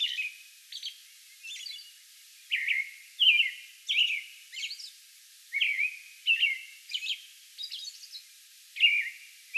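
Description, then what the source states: American robin song, clear rising and falling whistled phrases alternating with high, scratchy squeaks, delivered in quick succession with short gaps between groups. Song bout recorded on May 11.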